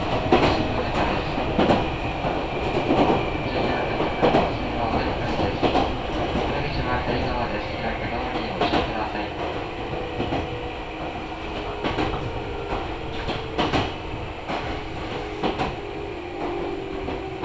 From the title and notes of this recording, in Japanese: 名古屋鉄道各務原線 新加納→犬山 普通列車。だいぶ日も西に傾いてきた頃です。細かく停車していきます。